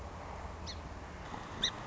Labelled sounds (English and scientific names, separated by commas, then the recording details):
Song Sparrow (Melospiza melodia)
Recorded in Sonoma County, California